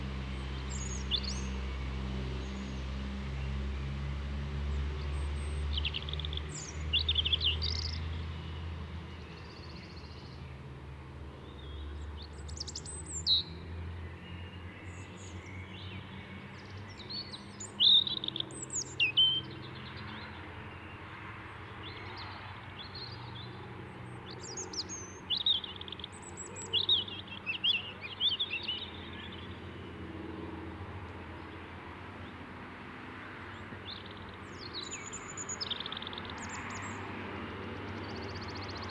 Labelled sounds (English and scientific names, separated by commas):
European Robin (Erithacus rubecula) song